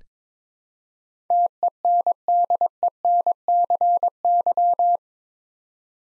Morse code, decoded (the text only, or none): TENDENCY